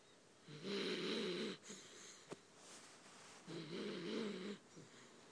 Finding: Snoring schnauzer.